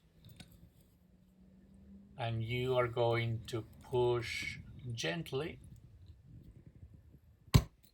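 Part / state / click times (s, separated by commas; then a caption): watch crystal in a watch case, pressed out with a crystal press tool / released / 7.5 s. A glass watch crystal sits in its watch case in a crystal press tool fitted with two dies, and the press is pushed gently to force the crystal out. Someone talks briefly, then after a quiet stretch one sharp click pops at 7.5 seconds as the glass crystal releases and pops out of the case.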